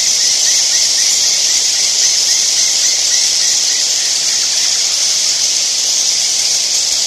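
Edible-nest swiftlets giving a thick, steady, high hissing chorus.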